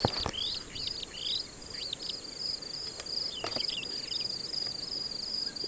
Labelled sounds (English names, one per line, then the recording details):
Superb Starling flight call
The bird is a male
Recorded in Kenya on 17 May 2010
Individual 14, of group CF2